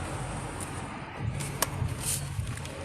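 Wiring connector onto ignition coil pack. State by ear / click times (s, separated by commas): seated / 1.6 s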